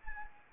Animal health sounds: mosquito wingbeat signal from an infrared sensor; Anopheles arabiensis

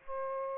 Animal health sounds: mosquito wingbeat signal from an infrared sensor; Aedes aegypti

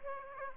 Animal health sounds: mosquito wingbeat signal from an infrared sensor; Aedes aegypti

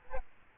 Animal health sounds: mosquito wingbeat signal from an infrared sensor; Aedes albopictus

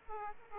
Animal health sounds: mosquito wingbeat signal from an infrared sensor; Aedes aegypti

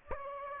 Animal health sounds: mosquito wingbeat signal from an infrared sensor; Aedes aegypti

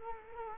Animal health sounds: mosquito wingbeat signal from an infrared sensor; Culex quinquefasciatus

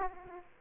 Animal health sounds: mosquito wingbeat signal from an infrared sensor; Aedes aegypti

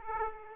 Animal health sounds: mosquito wingbeat signal from an infrared sensor; Aedes aegypti

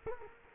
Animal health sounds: mosquito wingbeat signal from an infrared sensor; Culex quinquefasciatus

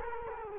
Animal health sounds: mosquito wingbeat signal from an infrared sensor; Culex quinquefasciatus

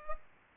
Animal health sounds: mosquito wingbeat signal from an infrared sensor; Culex pipiens

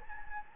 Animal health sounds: mosquito wingbeat signal from an infrared sensor; Anopheles gambiae

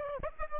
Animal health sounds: mosquito wingbeat signal from an infrared sensor; Aedes aegypti

